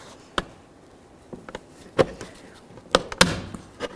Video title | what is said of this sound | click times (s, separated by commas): How to Replace Mirror Glass 2010-2013 Ford Transit | there we are listen for a click all the way around | 0.4 s, 2.9 s, 3.2 s